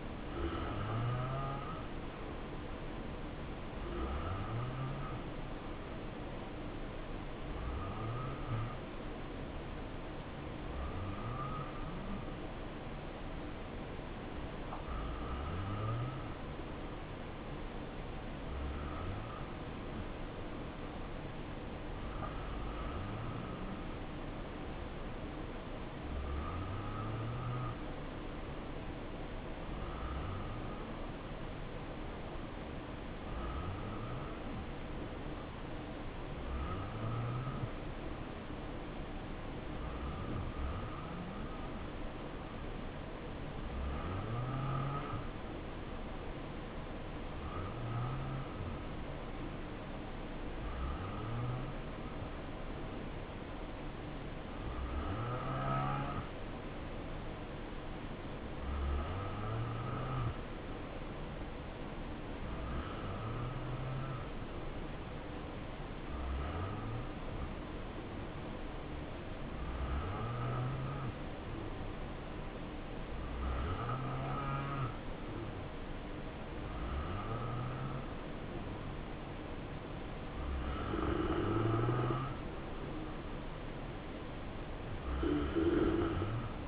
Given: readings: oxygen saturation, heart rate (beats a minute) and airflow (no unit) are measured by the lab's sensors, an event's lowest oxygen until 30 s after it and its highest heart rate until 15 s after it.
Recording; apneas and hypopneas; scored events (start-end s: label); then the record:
breathing in sleep by a voice recorder at the bedside; 1
10.00-73.60 s: hypopnea (N2, oxygen 90% highest, then 87% lowest, heart rate 65 at the start, 70 highest)
From the record:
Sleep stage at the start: N2 (light sleep); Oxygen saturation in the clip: 86 to 90%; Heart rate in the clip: 61 to 70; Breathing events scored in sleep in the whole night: 277 in 7.4 hours asleep